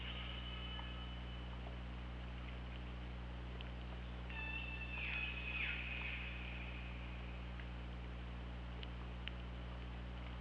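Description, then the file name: Killer whale calls: faint harmonic tones, then a longer call midway sweeping downward, over steady low hum and faint clicks. Recorded on the OrcaLab hydrophone, 24 August 2017, at 21:28. "Orca Lab UTLN JASON 20170824 212838 h 2 LL ORCALABDYNI"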